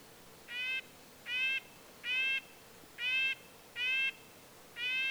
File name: Red-breasted Nuthatch